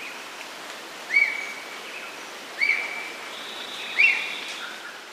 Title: Gavião de Penacho – Características, Reprodução, Habitat e Canto